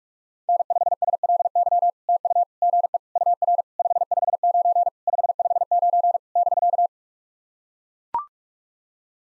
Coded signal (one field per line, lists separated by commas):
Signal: Morse code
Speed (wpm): 44 wpm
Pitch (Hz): 700 Hz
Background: none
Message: N5SLY TU GE UR 559 559 <BK>